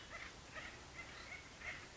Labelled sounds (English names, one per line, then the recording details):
Acorn Woodpecker
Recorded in Sonoma County, California